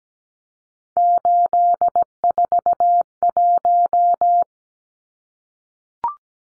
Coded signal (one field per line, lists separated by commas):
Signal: Morse code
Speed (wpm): 17 wpm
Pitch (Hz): 700 Hz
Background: none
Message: 841